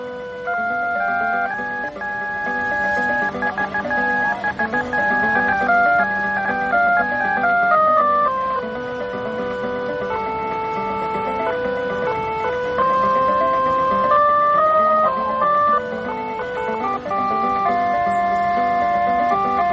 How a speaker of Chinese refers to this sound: 现在听到是电子琴版的…。